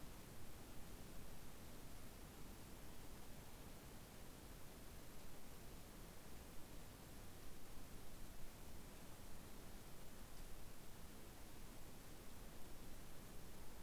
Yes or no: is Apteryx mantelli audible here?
no